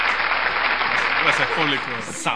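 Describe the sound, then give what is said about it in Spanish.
Steady audience applause for the Comic Geekos on their second anniversary fills the whole stretch, a dense crackle of many hands clapping, with voices talking over it and the clapping thinning slightly toward the end. “Bárbaro, aplausos.”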